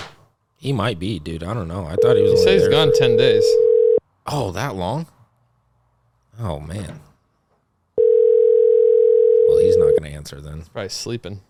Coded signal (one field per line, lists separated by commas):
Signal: telephone call progress tone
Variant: North America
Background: speech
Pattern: ringback tone